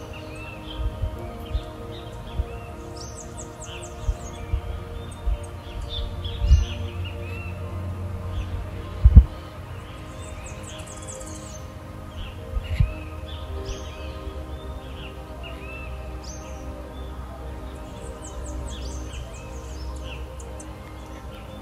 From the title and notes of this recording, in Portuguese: Breve meditação maior parte música para meditar com som de pássaros.